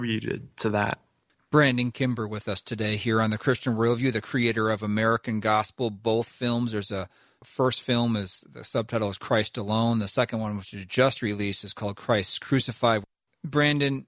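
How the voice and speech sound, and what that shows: An adult man with a low-pitched voice speaks clearly and fluently at an even, conversational pace, with brief natural pauses between phrases. His articulation is crisp and his voice is steady and clear, with no hoarseness. This is ordinary, typical adult speech from a radio host.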